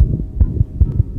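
Rapid, regular low thuds in lub-dub pairs: a heartbeat over a faint background hum.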